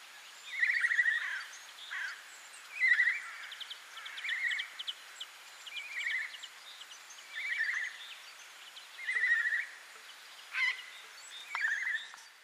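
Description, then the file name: Eurasian jay gives a series of harsh, rasping calls, with faint ticking notes between them. "Garrulus glandarius"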